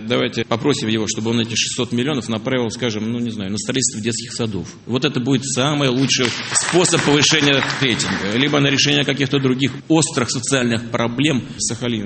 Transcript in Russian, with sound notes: Давайте попросим его, чтобы он эти 600 миллионов направил, скажем, ну не знаю, на строительство детских садов. Вот это будет самый лучший способ повышения рейтинга (аплодисменты) .Либо на решение каких-то других острых социальных проблем Сахалина.